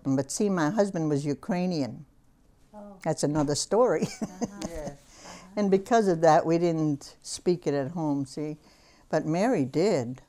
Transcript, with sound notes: But, see, my husband was Ukrainian. That's another story. ( she laughs ) And because of that we didn't speak it at home, see. But Mary did.